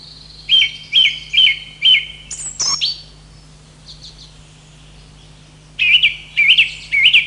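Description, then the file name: Song thrush singing: a clear whistled note repeated four times, then a sharp squeaky flourish, a pause, and another set of repeated ringing notes, over a low hum. "drozd pevchij"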